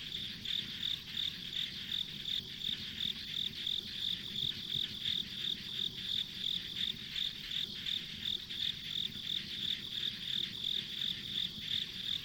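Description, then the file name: Insects chirping: a steady high pulsed trill repeating about three times per second, over a soft continuous background hum. Ambient insect sounds recorded on a country road. "田舎道の虫の環境音"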